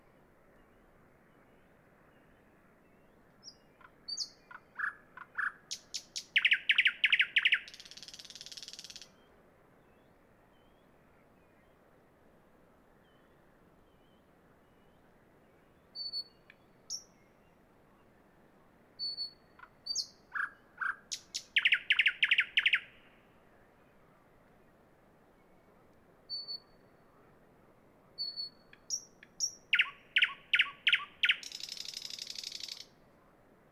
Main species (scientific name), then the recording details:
Luscinia luscinia. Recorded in the wild. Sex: male. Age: adult. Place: Peenemuende, Usedom, Mecklenburg-Vorpommern, DE. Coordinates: 54.1673, 13.7646. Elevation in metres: 0. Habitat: grassland. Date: 2014-06-05 00:38. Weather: 12°C, weak wind. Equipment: Sound Devices 702, Sennheiser MKH 70, Rycote Windschutz. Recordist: Frommolt, Karl-Heinz